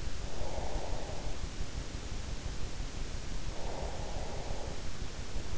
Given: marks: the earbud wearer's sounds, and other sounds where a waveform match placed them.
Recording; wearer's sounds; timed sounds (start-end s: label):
sounds in sleep by an in-ear microphone; breath
0.19-1.51 s: breath
3.19-5.46 s: breath